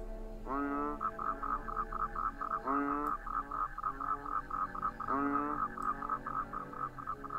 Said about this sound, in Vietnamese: Ở bên ngoài chỉ có tiếng cóc nhái vọng vào.